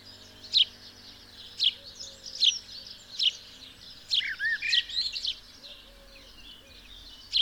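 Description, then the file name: House sparrow chirps: emphatic short chirps repeated every second or less, mixed with softer chattering notes in the middle. "Passer domesticus"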